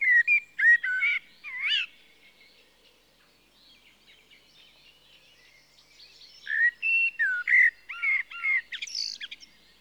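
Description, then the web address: Common blackbird song: rich fluting warbled phrases two to three seconds long, ending in high squeaky twitters, separated by a pause of several seconds; faint background bird chatter. "BBC Sound Effects Library. Blackbird (Turdus Merula)"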